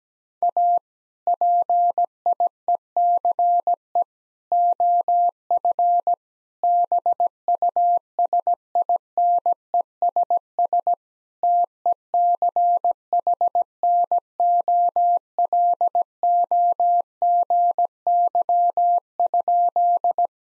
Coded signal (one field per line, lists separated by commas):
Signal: Morse code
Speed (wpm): 17 wpm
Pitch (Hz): 700 Hz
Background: none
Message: A PIECE OF BUSINESS TECHNOLOGY?